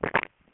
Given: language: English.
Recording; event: throat vibration sensor signal played as sound; swallow